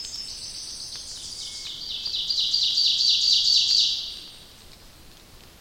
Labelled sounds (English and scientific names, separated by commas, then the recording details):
Ovenbird (Seiurus aurocapilla) song
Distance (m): 35 m
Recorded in boreal forest in Alberta, Canada, on 29 May 2016 at 08:38
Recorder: SongMeter 3, array SBT-3-49
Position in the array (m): 53 m, 173 m
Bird 15